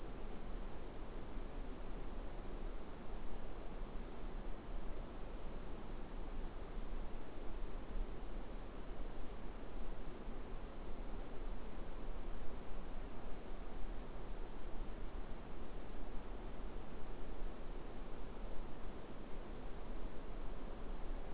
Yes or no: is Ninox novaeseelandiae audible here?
no